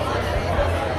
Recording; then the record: background sound without coughing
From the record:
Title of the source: CITY SOUNDS Busy Bar in the Evening Night - 2 HOURS of Ambiance for Relaxation